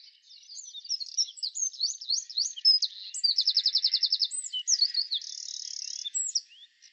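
Eurasian wren song, a fast, high, tumbling stream of sharp notes with a rapid buzzy trill in the middle and a flat rattling phrase near the end.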